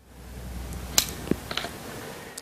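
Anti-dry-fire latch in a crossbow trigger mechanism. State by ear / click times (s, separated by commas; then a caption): seated / 1.0 s. A rope cocker hooked onto both sides of a crossbow string is pulled up about a quarter inch. The anti-dry-fire latch in the trigger mechanism clicks into reset with a very soft little click at 0.9 s, and a few fainter ticks follow. The latch is reset and the crossbow is ready to be loaded and shot.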